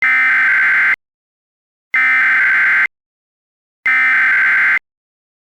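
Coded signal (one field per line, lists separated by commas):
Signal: Emergency Alert System (SAME) tones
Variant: header bursts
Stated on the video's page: Simulated EAS mock made with Audacity and VSDC.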